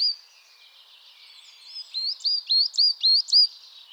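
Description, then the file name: Coal tit giving a string of six bright, high notes, each a quick upward flick that settles, about a third of a second apart. Coal tit described as chattering. "MESANGE NOIRE BAVARDE"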